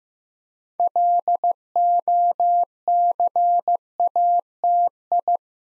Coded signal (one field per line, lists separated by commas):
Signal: Morse code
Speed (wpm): 15 wpm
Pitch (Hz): 700 Hz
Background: none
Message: LOCATI